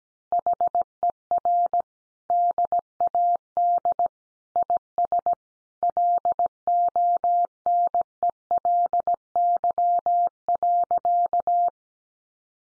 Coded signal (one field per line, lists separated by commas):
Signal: Morse code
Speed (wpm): 17 wpm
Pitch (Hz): 700 Hz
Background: none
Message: HER DAD IS LONELY.